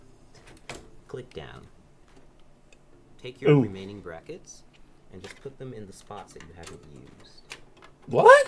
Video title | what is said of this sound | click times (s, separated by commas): How not to Build a gaming PC by the verge | just gonna pick the top one because the SSD is at the bottom and I don't want to I just think it looks nice click | 0.7 s